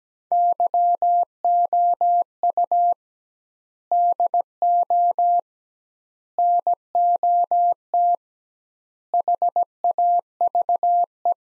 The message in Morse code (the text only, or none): YOU DO NOT HAVE